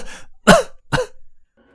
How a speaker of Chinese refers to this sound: 男人的喉咙被放开后，他弓着身子咳嗽两声，不但把气喘匀，就拼命哑声道：